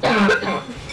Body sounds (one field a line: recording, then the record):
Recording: coughing mixed with background sound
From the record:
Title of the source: Barking cough - # 10